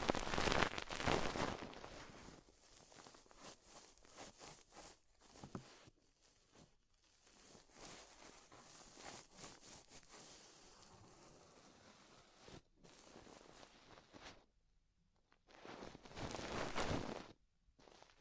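Close ear exploration sounds: bursts of rough rubbing and scratching, loudest in the first two seconds and again around 16 to 17 seconds. Between them come softer crackles, taps and brushing with brief silent gaps near 12.7 and 14 seconds.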